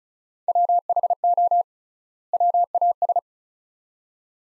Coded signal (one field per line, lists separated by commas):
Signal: Morse code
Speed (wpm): 36 wpm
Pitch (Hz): 700 Hz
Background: none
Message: WHO WAS